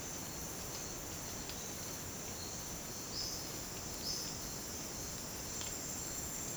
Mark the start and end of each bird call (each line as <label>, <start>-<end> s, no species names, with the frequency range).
bird call (3.9-7.2 kHz), 3.11-4.22 s